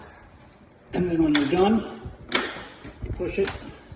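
Someone talks while handling washed filter cells going back into the air cleaner housing of a heating system, put back in wet because the housing has a drain system. A sharp handling knock is heard at about 2.4 s as the unit is readied to be pushed closed. Nothing has seated or clicked yet.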